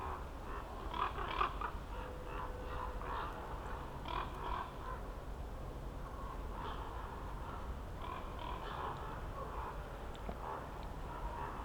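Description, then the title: Common raven giving hoarse croaks in loose clusters, several notes close together then pauses, with a constant low background rumble. Ravens circling above a mountain slope for over ten minutes at Patnik mountain side, Goworów, Poland, on a New Year's walk; recordist crouched among young beeches; Zoom F4, AT BP4025. "Patnik mountain side, Goworów, Poland - Circling ravens"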